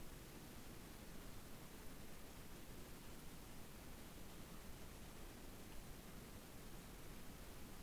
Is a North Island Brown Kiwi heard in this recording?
no